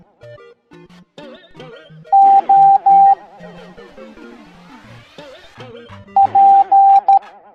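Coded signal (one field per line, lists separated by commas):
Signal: Morse code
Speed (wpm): 13 wpm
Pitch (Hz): 790 Hz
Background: music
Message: O P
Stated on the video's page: Morse code alphabet lesson for kids in a cartoon.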